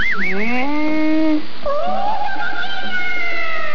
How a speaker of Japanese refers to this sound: 国はタイ、タイの海鮮市場の走り入れ、カメを競争させている声援の声です。お小遣いをかけているので熱がこもった応援になっているように聞こえました。